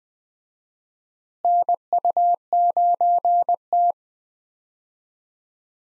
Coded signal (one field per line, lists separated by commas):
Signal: Morse code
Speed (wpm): 20 wpm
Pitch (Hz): 700 Hz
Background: none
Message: NU9T